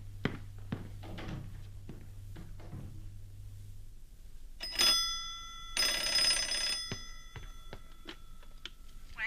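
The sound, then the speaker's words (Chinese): After a stretch of scattered clicks and a low hum, a telephone bell rings out in a brief burst followed by a longer, loud metallic jangle, then fades to quiet. “没有，她说待会儿再打来。”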